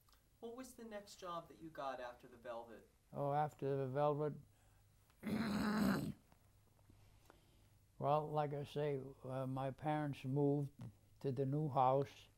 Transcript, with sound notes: What was the next job that you got after the velvet?
Oh, after the velvet. [clears throat] Well, like I say, my parents moved to the new house